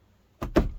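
A SharkBite push-to-connect fitting for a faucet installation is pushed onto the other side of a pipe. After a short silence, a first sound comes at about 0.4 s, followed by a louder, sharper click at 0.6 s. That second click shows the fitting has seated.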